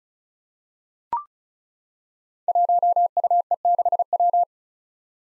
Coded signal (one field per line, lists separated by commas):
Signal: Morse code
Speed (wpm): 36 wpm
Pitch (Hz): 700 Hz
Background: none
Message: 1UE6W